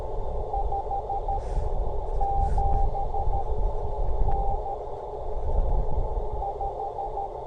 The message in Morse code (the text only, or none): 5 7 N 5